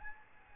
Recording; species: mosquito wingbeat signal from an infrared sensor; Aedes albopictus